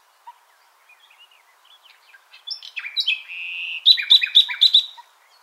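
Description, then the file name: Common nightingale song: soft scattered notes building into a long whistled note, then a loud rapid series of repeated chirping notes near the end. "Luscinia megarhynchos"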